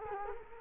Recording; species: mosquito wingbeat signal from an infrared sensor; Culex quinquefasciatus